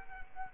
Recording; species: mosquito wingbeat signal from an infrared sensor; Culex quinquefasciatus